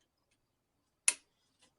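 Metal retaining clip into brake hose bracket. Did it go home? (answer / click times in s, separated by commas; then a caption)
yes / 1.1 s. An old metal retaining clip is pushed into a brake hose bracket, reused because the new clips are too thick to snap into place and the old one had worked fine for years. After near silence, one sharp metallic click sounds at 1.1 s, followed by a faint small tap around 1.6 s. The clip is seated.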